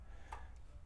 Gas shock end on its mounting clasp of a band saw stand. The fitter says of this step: pop off the shock on the back side it just removes with this little click